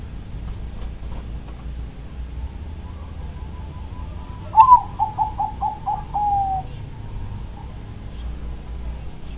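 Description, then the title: Dove song: a sharp opening coo followed by several quick, fading hoots in a steady rhythm, ending in a soft trailing note, with a constant low hum behind. "Canto Da Pomba"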